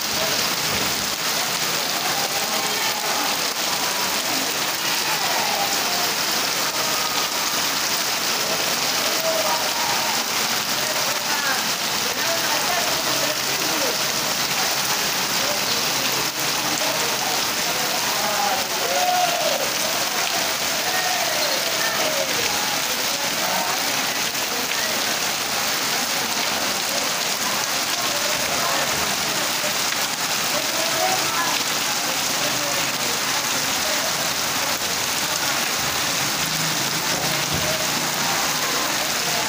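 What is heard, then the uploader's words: Rain falls steadily throughout, a dense, even hiss with no pauses or swells. The sound sits mostly in the bright upper range, with countless small drops pattering on a surface and little low rumble underneath. The rainy season in my country Venezuela. The sound of the drops on the ceilings and floors.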